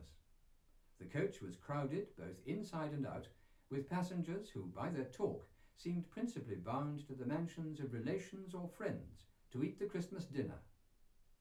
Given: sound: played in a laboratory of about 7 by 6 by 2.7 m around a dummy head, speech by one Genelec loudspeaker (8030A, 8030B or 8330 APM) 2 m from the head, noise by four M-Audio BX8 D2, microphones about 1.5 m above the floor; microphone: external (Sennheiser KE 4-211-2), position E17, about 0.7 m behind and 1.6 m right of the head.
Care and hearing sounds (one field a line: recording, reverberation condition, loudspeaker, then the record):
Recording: male speech in English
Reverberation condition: low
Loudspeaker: 30 degrees to the left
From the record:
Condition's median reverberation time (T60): about 310 ms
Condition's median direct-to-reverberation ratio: about 3.5 dB